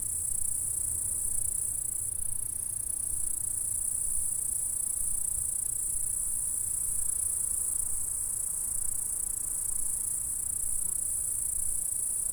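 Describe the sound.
Insects stridulating in a steady, high, hissing chorus that never breaks, with a faint low rumble underneath.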